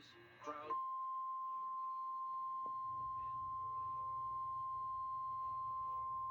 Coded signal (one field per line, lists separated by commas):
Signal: Emergency Alert System (SAME) tones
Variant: 1050 Hz attention tone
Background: speech